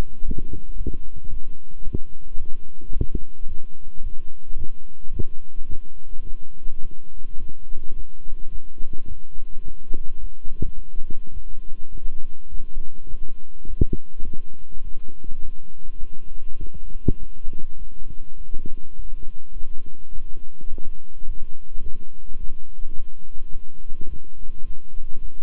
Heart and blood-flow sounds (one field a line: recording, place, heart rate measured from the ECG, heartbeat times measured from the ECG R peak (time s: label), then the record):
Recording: heart sounds by stethoscope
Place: between the tricuspid and mitral areas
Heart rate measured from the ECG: 106 bpm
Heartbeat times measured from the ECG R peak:
0.24 s: heartbeat
0.76 s: heartbeat
1.28 s: heartbeat
1.83 s: heartbeat
2.38 s: heartbeat
2.92 s: heartbeat
3.47 s: heartbeat
4.01 s: heartbeat
4.57 s: heartbeat
5.11 s: heartbeat
5.68 s: heartbeat
6.25 s: heartbeat
6.81 s: heartbeat
7.38 s: heartbeat
7.95 s: heartbeat
8.50 s: heartbeat
9.07 s: heartbeat
9.64 s: heartbeat
10.19 s: heartbeat
10.74 s: heartbeat
11.32 s: heartbeat
11.91 s: heartbeat
12.49 s: heartbeat
13.07 s: heartbeat
13.66 s: heartbeat
14.23 s: heartbeat
14.83 s: heartbeat
15.41 s: heartbeat
15.99 s: heartbeat
16.59 s: heartbeat
17.19 s: heartbeat
17.77 s: heartbeat
18.36 s: heartbeat
18.95 s: heartbeat
19.52 s: heartbeat
20.11 s: heartbeat
20.69 s: heartbeat
21.25 s: heartbeat
21.81 s: heartbeat
22.39 s: heartbeat
22.95 s: heartbeat
23.51 s: heartbeat
24.08 s: heartbeat
24.65 s: heartbeat
25.20 s: heartbeat
From the record:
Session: walking at 3.7 km/h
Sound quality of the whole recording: good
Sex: male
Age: 26 years